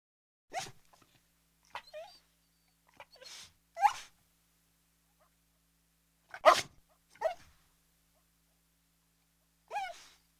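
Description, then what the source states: Dog giving short, high whines and whimpers mixed with breathy snuffling huffs, irregularly spaced over about ten seconds. Medium-sized dog whining.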